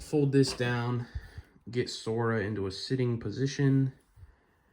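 A plastic Lego minifigure is handled as the mech's seat is folded down and the figure is set into a sitting position for the mech cockpit. Someone talks throughout, with brief soft handling noises between phrases. Nothing has seated or clicked into the cockpit yet.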